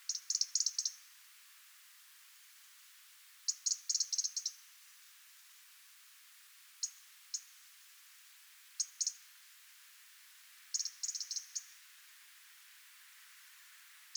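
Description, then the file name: European robin giving high, clicking ticks, first in dense bursts, then scattered singles and pairs, ending with another short rapid run. "Erithacus rubecula"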